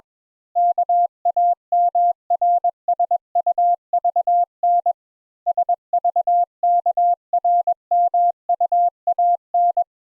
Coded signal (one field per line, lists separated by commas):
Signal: Morse code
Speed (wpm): 21 wpm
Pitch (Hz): 700 Hz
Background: none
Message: KAMRSUVN SVKRMUAN